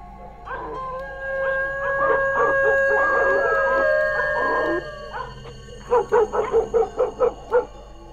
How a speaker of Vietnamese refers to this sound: Mới đi được mấy bước thì dội vào tai bà, từ xa xa, chỗ đoạn đầu làng, có tiếng chó cắn ma cứ nhấm nha nhấm nhặng vọng về. Thỉnh thoảng bầy chó còn chu lên những tiếng nghe đến rát cả ruột, buốt cả gan.